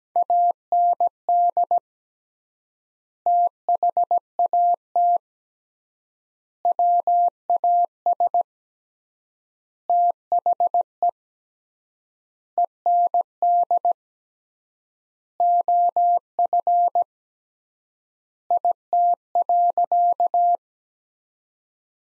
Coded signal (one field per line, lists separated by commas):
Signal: Morse code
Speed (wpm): 17 wpm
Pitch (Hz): 700 Hz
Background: none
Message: AND THAT WAS THE END OF IT.